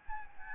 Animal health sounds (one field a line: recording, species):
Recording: mosquito wingbeat signal from an infrared sensor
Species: Aedes albopictus